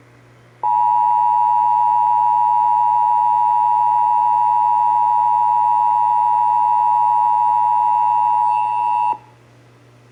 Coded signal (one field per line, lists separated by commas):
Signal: Emergency Alert System (SAME) tones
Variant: 853 and 960 Hz attention tone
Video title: (EAS #216-223) July 2022 Texas Required Monthly Test